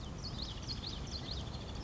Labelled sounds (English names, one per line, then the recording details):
Common Yellowthroat
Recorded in Sonoma County, California